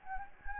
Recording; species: mosquito wingbeat signal from an infrared sensor; Anopheles gambiae